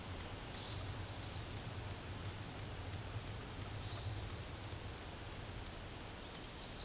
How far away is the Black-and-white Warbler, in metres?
about 30 m